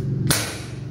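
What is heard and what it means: A push latch on an electrical panel board door is pressed to open it. The latch releases with a sharp click at 0.3 s, and the door is opened. Steady low-frequency hum continues in the background.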